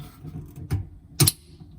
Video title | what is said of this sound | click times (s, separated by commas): EASY: Replacing a Kitchen Sink Faucet - Step by Step Tutorial | and it clicks into place. | 1.2 s, 1.3 s